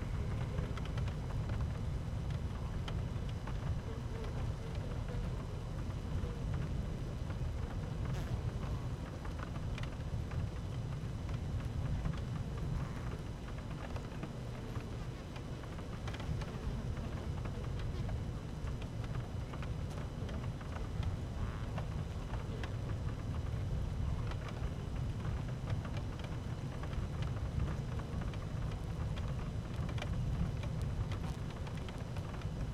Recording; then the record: honeybee colony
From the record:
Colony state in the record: active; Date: 12 June 2018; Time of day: 12:50